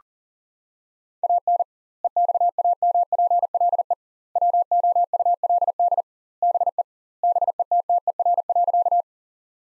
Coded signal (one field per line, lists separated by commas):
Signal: Morse code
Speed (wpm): 40 wpm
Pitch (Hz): 700 Hz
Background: none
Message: AN EXAMPLE WOULD BE BETTER.